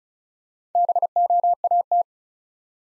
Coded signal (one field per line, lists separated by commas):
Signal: Morse code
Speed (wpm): 36 wpm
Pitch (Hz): 700 Hz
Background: none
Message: BOAT